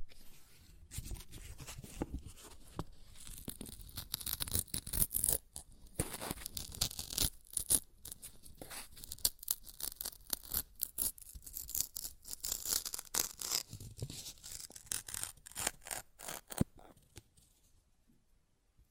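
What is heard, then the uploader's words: Paper is ripped and torn in a long run of dense, crackling bursts, with quick sharp tears packed closely from about one second to nearly seventeen. The sound is bright and papery, with brief pauses between pulls, and it fades out near the end. ASMR Paper Ripping Tearing Sounds (No Talking).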